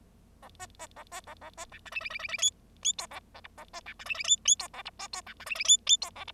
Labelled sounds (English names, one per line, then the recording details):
Bengalese Finch song
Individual Bird0